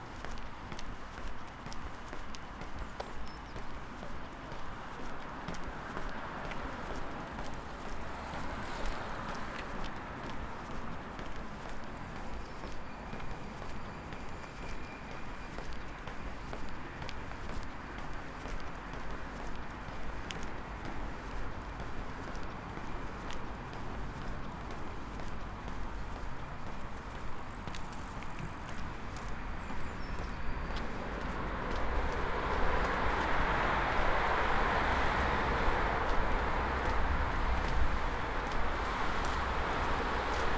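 A walk out of Tivoli Park toward Prešernova Cesta in Ljubljana, with a steady crunch of footsteps ticking along under a dense, constant wash of outdoor noise. Around thirty seconds in, the sound swells and brightens as passing traffic grows louder.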